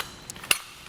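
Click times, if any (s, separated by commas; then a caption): 0.5 s. A roof rack clamp is slid into the roof rack foot, with a faint tick near 0.3 s and soft scraping before a sharp, bright click at 0.5 s. The clamp's hooks lock on top of the foot, and the clamp is seated.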